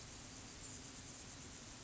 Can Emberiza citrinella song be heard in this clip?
no